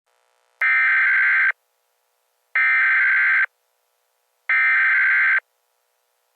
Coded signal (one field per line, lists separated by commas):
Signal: Emergency Alert System (SAME) tones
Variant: header bursts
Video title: EAS Montana hijack re-scripted (new screen yay)